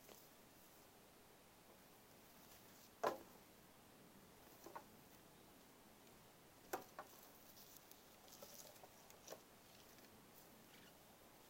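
Dry wooden knocks and clicks sound over a quiet, hissy background. A sharp crack lands near three seconds and another near seven, with softer taps and small scratchy ticks scattered between them at irregular intervals.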